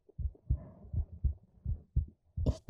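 Steady low thumps come in paired beats, a lub-dub repeating about every three-quarters of a second, roughly 80 beats a minute. The rhythm is regular, consistent with a normal adult heartbeat picked up through a microphone held against the chest.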